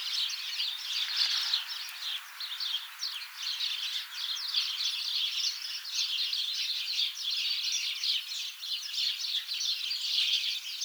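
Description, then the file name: House sparrows giving a constant flock chatter of quick overlapping chirps, rising and falling slightly in intensity throughout. "Passer domesticus"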